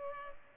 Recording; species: mosquito wingbeat signal from an infrared sensor; Culex pipiens